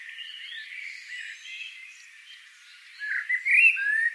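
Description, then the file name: Eurasian blackbird song: a soft, low-level warble, then a louder burst of fluty whistles and twittering near the end. "Turdus merula"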